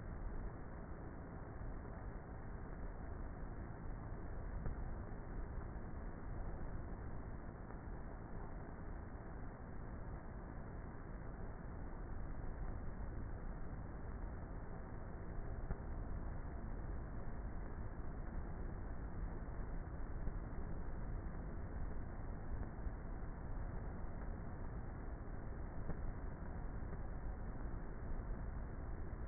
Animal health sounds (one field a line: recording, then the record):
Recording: honeybee colony, microphone inside the hive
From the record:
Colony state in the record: queenless with a low population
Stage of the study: before two queens were removed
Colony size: about 30,000 bees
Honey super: no